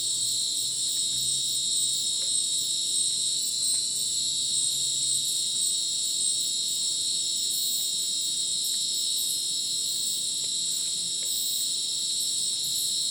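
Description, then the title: Crickets in a dense, continuous high-pitched chorus of steady shrill bands, with faint flickering pulses layered over the droning wall of sound. Rainforest at Madidi National Park, Ucumari, Bolivia, after sunset; very dense insect chorus likened to a polyrhythmic electronic concert; AT BP4029 microphone, MixPre 6 recorder. "Madidi National Park, Ucumari, Bolivia - Supersonic Crickets in the rainforest"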